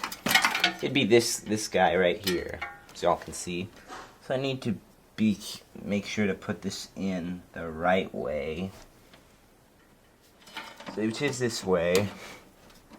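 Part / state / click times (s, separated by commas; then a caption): memory module or connector going into a motherboard slot / not seated / none. Someone talks while lining up a memory module or connector so it goes into the right way on a motherboard slot of a Quantex QP6/400 computer being re-assembled. There are a few short handling knocks and a quiet pause near 9 to 10.5 s. The part is only being positioned, and nothing has seated or clicked yet.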